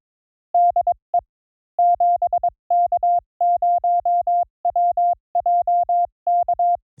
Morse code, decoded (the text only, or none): DE 7K0WJK